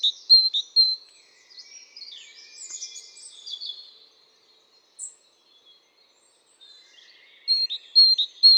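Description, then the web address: Great tit two-note phrases at the start and end, with busy twittering and chirping in between. "SETE data Parus major"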